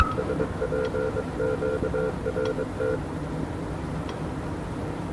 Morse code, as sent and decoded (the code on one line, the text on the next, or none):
... .--. --.- .-. -
SPQRT